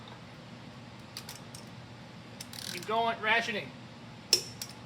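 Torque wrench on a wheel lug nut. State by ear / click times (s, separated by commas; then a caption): torque reached / 4.3 s. A torque wrench set to 140 tightens the second wheel lug nut in a star pattern, with soft ratcheting ticks and someone talking. The wrench gives a sharp click at 4.3 s, confirming the nut has reached torque.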